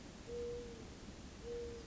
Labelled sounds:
Mourning Dove
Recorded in Sonoma County, California

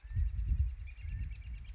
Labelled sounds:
Northern Flicker
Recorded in Sonoma County, California

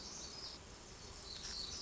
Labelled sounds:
Black-throated Gray Warbler
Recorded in Sonoma County, California

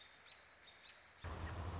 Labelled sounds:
American Robin
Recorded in Sonoma County, California

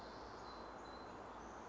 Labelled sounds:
Song Sparrow
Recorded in Sonoma County, California

